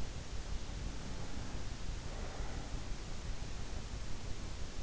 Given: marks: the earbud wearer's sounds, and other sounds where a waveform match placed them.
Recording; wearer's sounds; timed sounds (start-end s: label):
sounds in sleep by an in-ear microphone; breath
0.49-3.12 s: breath